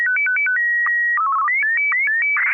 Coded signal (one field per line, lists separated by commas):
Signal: SSTV (slow-scan television)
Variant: Martin 1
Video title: N6NA SSTV Net - 10/14/2020